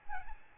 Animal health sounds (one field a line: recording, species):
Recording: mosquito wingbeat signal from an infrared sensor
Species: Aedes albopictus